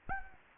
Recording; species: mosquito wingbeat signal from an infrared sensor; Anopheles arabiensis